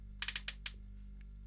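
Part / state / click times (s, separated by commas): drill bit in a keyless drill chuck / torque reached / 0.2 s, 0.5 s, 0.7 s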